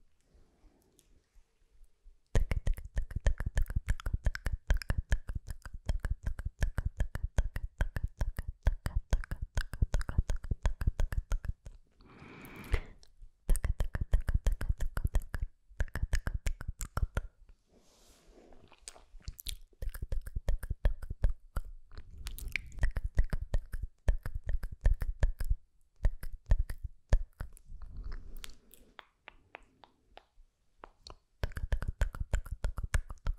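Rapid "sk" and "tk" clicks begin after about two seconds and run in fast, dense bursts. The stream breaks briefly near 12, 15 and 18 seconds, thins out between about 25 and 29, then resumes sharply.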